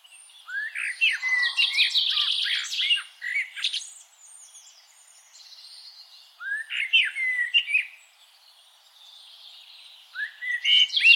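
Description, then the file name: Common blackbird singing: a fluted warble leading into a squeaky, chattering twitter, then two more phrases after pauses. "Turdus merula"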